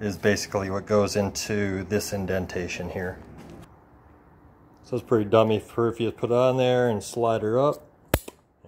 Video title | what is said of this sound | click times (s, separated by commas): Replacing steering cable Yamaha Waverunner 1200 SUV part 2 of 3 | click right into place put your two phillips head screws in okay | 8.1 s